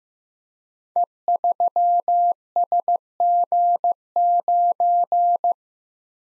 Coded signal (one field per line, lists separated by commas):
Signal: Morse code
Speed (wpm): 15 wpm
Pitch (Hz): 700 Hz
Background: none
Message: E3SG9